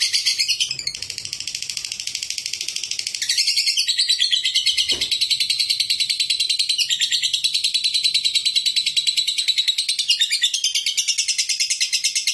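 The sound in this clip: Lovebird giving a long, continuous high-pitched chattering trill of rapid repeated notes, steady throughout with slight shifts in tone.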